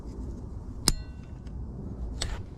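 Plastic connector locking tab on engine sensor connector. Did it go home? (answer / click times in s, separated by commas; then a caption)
yes / 0.9 s. On a 2007 Dodge Ram with the 6.7L Cummins, during a thermostat replacement because the engine runs cold, the plastic locking tab on a plugged-in engine sensor connector is slid back into place. It snaps home with a sharp, bright click at 0.9 s, leaving the connector lock seated. A faint tick follows at 1.5 s and a second, softer click-rattle at 2.2 s over low background hum.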